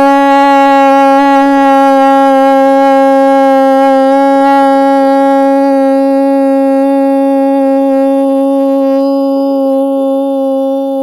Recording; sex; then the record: sustained vowel /u/; female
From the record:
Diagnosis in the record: Parkinson's disease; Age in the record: 63 years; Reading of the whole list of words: 61 s, 4.6 characters per second